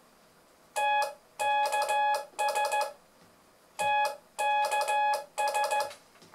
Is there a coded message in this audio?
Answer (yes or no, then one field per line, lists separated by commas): yes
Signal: Morse code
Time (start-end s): 0.8-5.8 s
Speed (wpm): 14 wpm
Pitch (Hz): 840 Hz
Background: none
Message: TKS TKS